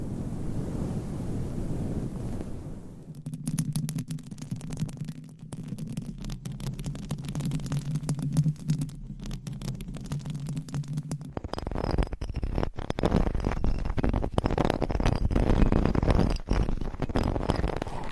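Mic covers are scratched with nails in a dense, fast rasping that never lets up. For the first three seconds there is a soft, muffled rubbing, then a brighter scratching over a steady low hum until about eleven seconds, when it turns rougher and louder.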